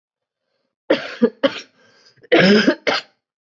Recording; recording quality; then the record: shallow voluntary cough; excellent, no background noise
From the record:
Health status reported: COVID-19 positive, mild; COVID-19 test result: positive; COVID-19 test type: RT-PCR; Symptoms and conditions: cough, cold, sore throat, muscle pain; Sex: female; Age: 26 years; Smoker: yes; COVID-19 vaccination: both doses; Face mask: not worn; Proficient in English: yes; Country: India